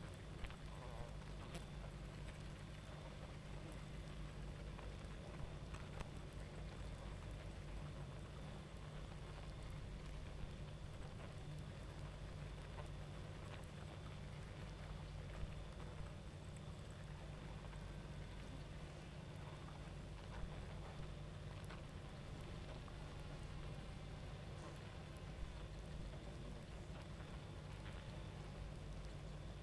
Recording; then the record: honeybee colony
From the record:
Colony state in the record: active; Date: 28 July 2017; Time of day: 23:36